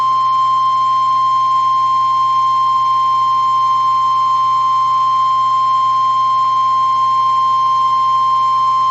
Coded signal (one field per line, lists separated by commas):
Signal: Emergency Alert System (SAME) tones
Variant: 1050 Hz attention tone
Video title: Severe Thunderstorm Warning (Denton, Parker, Tarrant, Wise Counties, TX) (3/29/25) [EAS #98]